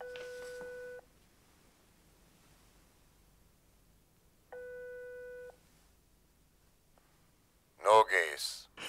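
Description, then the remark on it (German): A telephone call placed from a dictation room at nearly 23:30 at night: the ringing tone sounds twice, each a steady buzzy one-second tone separated by a long silent gap, before a voice briefly begins speaking at the end. “Ich ging in den Diktierraum zum Telefon.”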